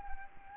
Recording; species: mosquito wingbeat signal from an infrared sensor; Anopheles arabiensis